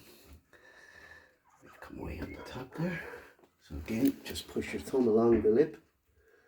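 Someone talks while a thumb pushes the rubber door seal (gasket) of a washing machine along the lip of the drum/front panel, with faint handling and breathing sounds under the voice. Nothing has seated or clicked in yet; the seal is still being worked into place when the clip ends.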